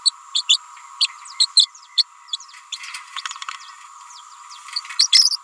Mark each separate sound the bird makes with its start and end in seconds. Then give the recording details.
0.05-0.11, 0.34-0.42, 0.48-0.57, 1.00-1.07, 1.56-1.66, 1.97-2.04, 2.33-2.37, 2.72-2.77, 3.16-3.21, 4.98-5.07, 5.12-5.37. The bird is a female. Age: 29 days. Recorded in a nest box in Venezuela. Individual 17B31A3